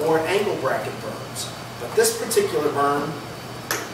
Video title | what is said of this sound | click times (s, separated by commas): SPI Demo | comes up and locks in place. So now there's no trip hazard on either sides. | 3.7 s